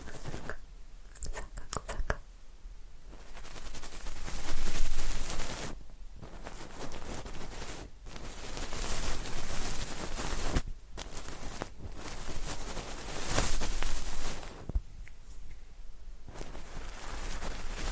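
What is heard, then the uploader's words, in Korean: Wet, crackly mouth sounds pressed against a pin microphone come in dense, rustling bursts with a low rumble underneath. Short pauses break them up, around 1–3, 6, 8, 11 and 15 seconds, and the crunching swells loudest near 5 and 13 seconds. 입소리폭탄 핀마이크 괴롭히기.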